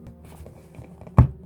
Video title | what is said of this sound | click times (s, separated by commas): EVERYTHING YOU NEED TO MAKE THE ULTIMATE HALLOWEEN 1978 MICHAEL MYERS FIGURE | not going to see it but there's a little peg joint in there that will clip in here and it will should give us a nice satisfying click there | 1.2 s